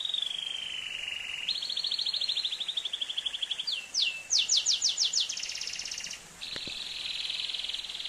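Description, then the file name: Atlantic canary song: a descending trill, a higher rolling trill, loud sweeping repeated notes and a buzzy trill, then after a short break a fast trill, with faint clicks. "canto do canario do reino"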